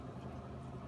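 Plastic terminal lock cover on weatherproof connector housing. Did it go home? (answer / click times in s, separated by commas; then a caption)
no / none. A plastic terminal locking cover on the bottom of a weatherproof connector housing is being closed over the pins by hand. A low, steady background hum runs through the clip, then a sudden sharp burst comes at 0.9 s as it ends. Nothing has seated or clicked yet.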